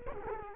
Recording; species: mosquito wingbeat signal from an infrared sensor; Culex quinquefasciatus